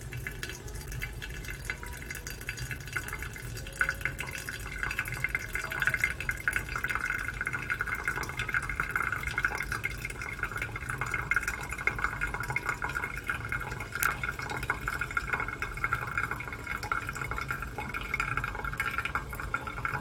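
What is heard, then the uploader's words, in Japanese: Mocha blend coffee beans roasting: a steady, dense whirring rumble with a bright hiss, scattered faint ticks, and one sharp crack near fourteen seconds. 今朝は”モカブレンド”を焙煎。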